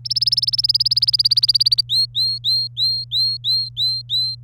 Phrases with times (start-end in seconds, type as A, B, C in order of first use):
0.05-1.81 A, 1.89-4.35 B